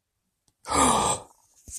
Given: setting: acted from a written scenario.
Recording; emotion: vocal sound without words; fear